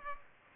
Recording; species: mosquito wingbeat signal from an infrared sensor; Aedes aegypti